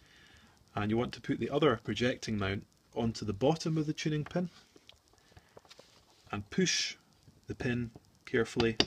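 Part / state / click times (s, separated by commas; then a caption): projecting mount onto bagpipe drone tuning pin / not seated / none. A 3D-printed plastic projecting mount is handled and pushed onto the bottom of a bagpipe tenor drone's tuning pin while someone talks. Faint handling ticks are heard in a pause between the talking. Nothing has seated or clicked into place yet.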